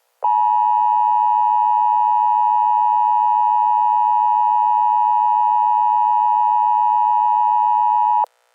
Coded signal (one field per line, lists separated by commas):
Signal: Emergency Alert System (SAME) tones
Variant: 853 and 960 Hz attention tone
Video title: EAS SCENARIO - America Gone to Hell Part 1